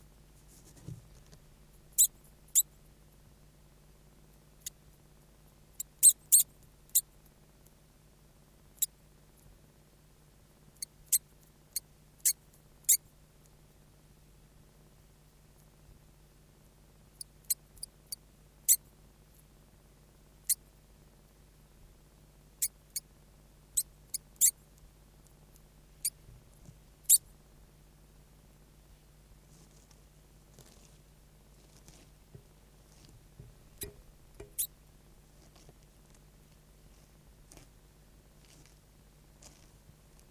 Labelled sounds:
European Water Vole (Arvicola amphibius) call
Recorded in captivity
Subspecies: terrestris
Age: juvenile
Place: Zoologisches Institut der HUB, Berlin, DE
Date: 1969-10-14
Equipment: Studiomaschine, Kondensatormikrofon
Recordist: Johst, Volker
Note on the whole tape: Versuch A2/47: Rufe eines von vier Jungtieren (10 Tage alt) bei Berührung bzw. Anblasen

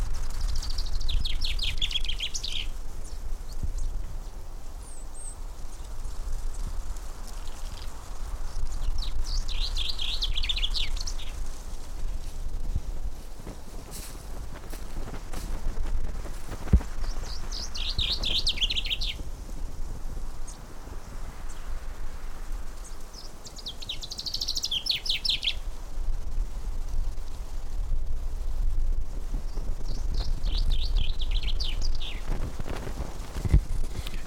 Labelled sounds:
Common Chaffinch (Fringilla coelebs)
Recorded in the wild
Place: Naturfreundehaus - Üdersee, Nationalpark Untere Oder, Brandenburg, DE
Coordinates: 52.85, 13.68
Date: 1996-03-27 13:45
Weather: sonnig, böiger Wind, 3°C
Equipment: Sony MD-WM MZ-R3, Sennheiser ME 80, Kopie Uher 4000 Report Monitor
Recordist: Tembrock, Günter

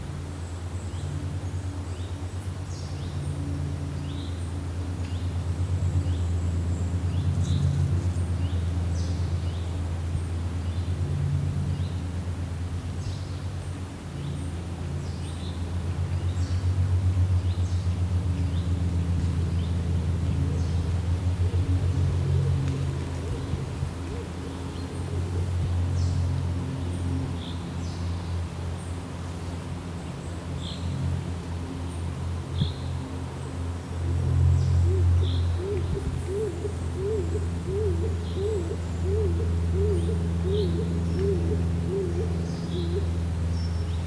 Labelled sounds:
Stock Dove (Columba oenas) call
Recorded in the wild
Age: adult
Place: Nobitz, Leinawald, Thuringia, DE
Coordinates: 50.9797, 12.576
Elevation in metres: 240
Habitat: beech forest
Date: 2024-07-27 12:27
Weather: 20-25°C, cloudy
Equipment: Sound Devices MixPre6, Sennheiser MKH8060
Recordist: Frommolt, Karl-Heinz
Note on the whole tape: Calls stock dove

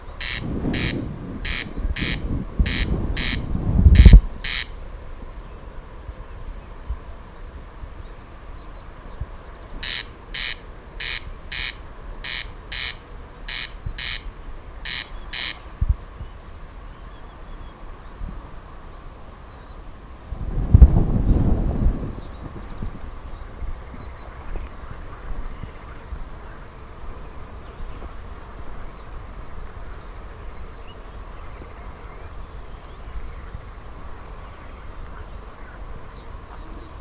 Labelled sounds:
Corn Crake (Crex crex)
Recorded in the wild
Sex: male
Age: adult
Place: Schwedt/Oder, Nationalpark Unteres Odertal, Brandenburg, DE
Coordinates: 53.0413, 14.0413
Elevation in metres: 1
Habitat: grassland
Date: 2017-06-19 21:41
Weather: clear, 18°C, weak wind from East
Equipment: Olympus LS-3, Olympus ME31
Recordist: Frommolt, Karl-Heinz
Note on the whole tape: Polder B des Nationalparks Unteres Odertal: Rufreihe eines Wachtelkönigs

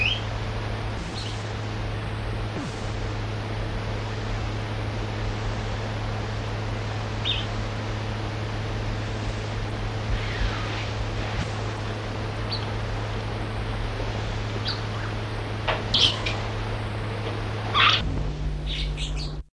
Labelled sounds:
Rock Martin (Ptyonoprogne fuligula) call
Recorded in the wild
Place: Südwestafrika
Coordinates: -23, 17
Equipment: Halbspur, 9,5 cm/s
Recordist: Lütgens, Hans

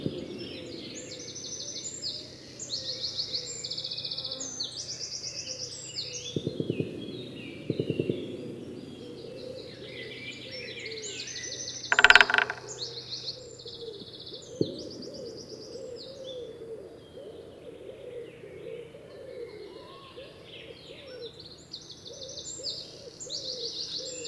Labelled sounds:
Great Spotted Woodpecker (Dendrocopos major) drumming
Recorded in the wild
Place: Sassnitz, Insel Rügen, Mecklenburg-Vorpommern, DE
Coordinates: 54.565, 13.615
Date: 1978-05-31 07:45
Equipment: Nagra III BH, Sennheiser MD 21, parabola
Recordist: Schubert, Michael

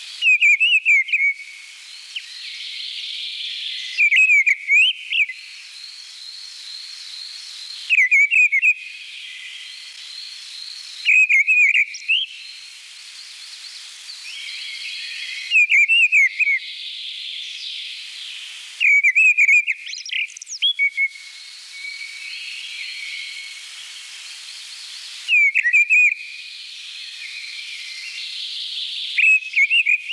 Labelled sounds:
Mistle Thrush (Turdus viscivorus) song
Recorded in the wild
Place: Kandel /Schwarzwald; Waldkirch, Baden-Württemberg, DE
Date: 1978-04-29
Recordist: Schwarz, Dieter
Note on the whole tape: Song

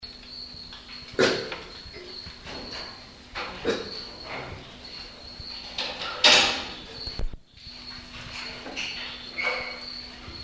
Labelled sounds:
Mantled Guereza (Colobus guereza) call
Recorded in captivity
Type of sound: call
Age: adult
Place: Zoopark Erfurt, Thüringen, DE
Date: 1967-06-07
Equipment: Uher 4200 Report Monitor, Sennheiser MD 421
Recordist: Tembrock, Günter
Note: Als Colobus abessynicus bezeichnet. 2 Laute

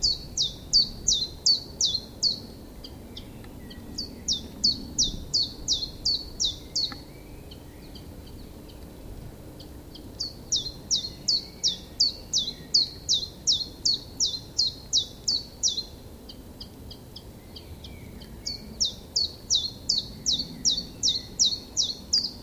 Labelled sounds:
Common Chiffchaff (Phylloscopus collybita) song
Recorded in the wild
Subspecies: collybita
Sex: male
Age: adult
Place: Spitzberg, Tübingen, Baden-Württemberg, DE
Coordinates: 48.5167, 9.01667
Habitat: forest
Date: 1969-04-21 12:00
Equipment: Nagra III PH, MD 211, mit Parabolspiegel, LGS26
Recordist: Faber, A., Nedo and Schneider, H.-J

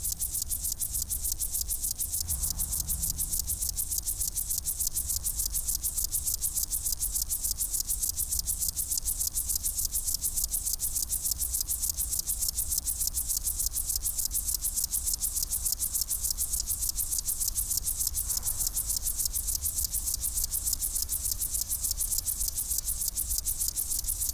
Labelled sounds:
Upland Field Grasshopper (Chorthippus apricarius)
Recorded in the wild
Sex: pair
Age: imago
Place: Hakenfelde, Spandauer Forst, Berlin, DE
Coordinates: 52.58, 13.17
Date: 1996-08-18 17:31
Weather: sonnig, 24°C
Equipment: Sony MD-WM MZ-R3, Sennheiser ME 80, Kopie Uher 4000 Report Monitor
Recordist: Tembrock, Günter

